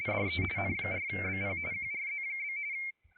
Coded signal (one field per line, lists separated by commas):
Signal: RTTY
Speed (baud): 45.45 baud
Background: speech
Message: DE N4BP QRZ?